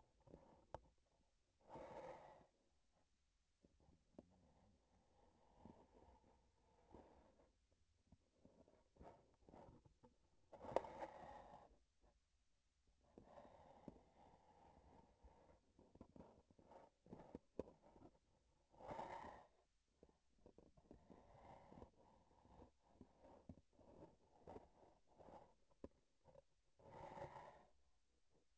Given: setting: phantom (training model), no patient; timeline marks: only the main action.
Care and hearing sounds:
laparoscopic instrument, vibration sensor on the handle end
0.00-1.02 s: palpation
8.06-10.22 s: palpation
15.68-18.28 s: palpation
23.66-25.63 s: palpation
From the record:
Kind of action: gesture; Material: synthetic tissue

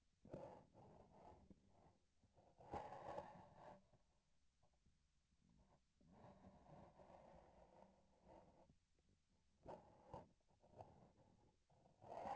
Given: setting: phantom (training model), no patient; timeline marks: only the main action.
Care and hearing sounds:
laparoscopic instrument, vibration sensor on the handle end
0.20-2.03 s: palpation
9.58-11.55 s: palpation
From the record:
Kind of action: gesture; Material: synthetic tissue

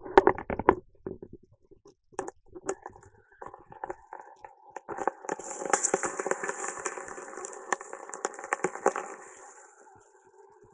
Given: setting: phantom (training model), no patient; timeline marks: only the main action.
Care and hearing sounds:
laparoscopic instrument, vibration sensor on the handle end
2.45-10.74 s: coagulation
From the record:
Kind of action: gesture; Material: ex-vivo porcine liver

